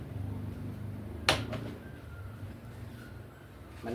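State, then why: Seated. A drawer box panel is joined to its neighbouring drawer panel with a clip-type connector. A sharp click at 1.3 seconds stands out above a low background hum, which means the clip has locked in and the panel is seated.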